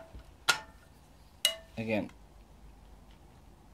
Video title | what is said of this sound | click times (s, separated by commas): BMW e46 M52TU,M54 timing chain and head bolts removal | click that was loose | 1.4 s